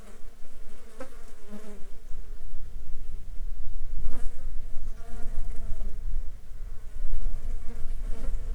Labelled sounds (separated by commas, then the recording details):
bird, insects
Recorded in the Arctic National Wildlife Refuge, Alaska, on 9 July 2019 at 13:07
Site 35